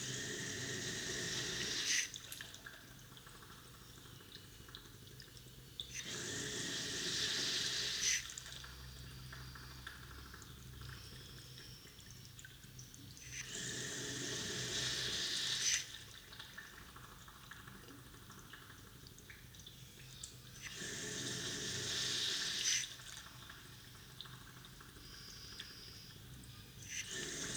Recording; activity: daily activity, guitar pickup as the sensor; flush